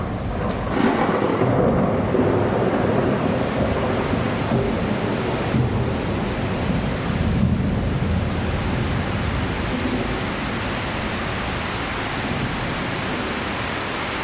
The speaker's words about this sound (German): Da fängt es an, wie aus Eimern zu schütten.